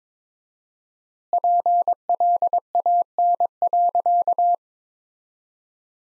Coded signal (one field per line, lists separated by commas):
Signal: Morse code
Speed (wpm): 21 wpm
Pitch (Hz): 700 Hz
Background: none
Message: PLAN.